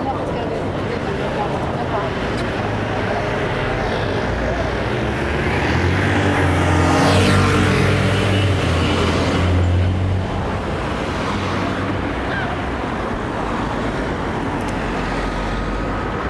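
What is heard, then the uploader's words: Steady, dense traffic noise in Paris, with a constant hiss and low rumble throughout. Between about six and ten seconds a vehicle passes, its deep engine growl swelling and then fading. Faint voices may sit beneath the traffic. Paris, Île de France, France.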